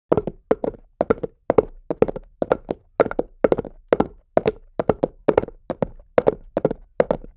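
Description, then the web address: Horse hooves clacking in a trot, clusters of sharp knocks repeating steadily about twice a second on a hard surface, with no other sounds. Horse trotting on asphalt, hooves clacking. "soundpool geraeusche natur-tiere pferde"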